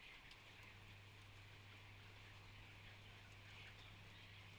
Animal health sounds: poultry house recording; healthy chickens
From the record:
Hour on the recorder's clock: 13

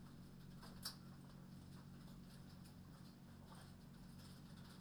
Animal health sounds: poultry house recording; no chicken sound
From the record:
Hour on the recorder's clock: 21

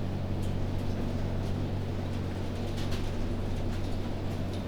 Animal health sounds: poultry house recording; no chicken sound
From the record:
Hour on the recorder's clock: 23

